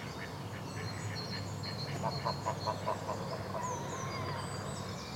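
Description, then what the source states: Duck quacking in a quick run of several calls in the middle, with high thin chirps and whistles from other birds above a low steady background rumble. Ducks and other birds near water.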